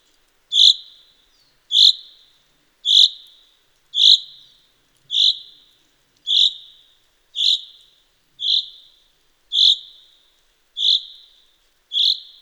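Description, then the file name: Common chaffinch giving a long, very regular series of eleven sharp 'pink' calls, about one per second, clear against silence. "Fringilla coelebs"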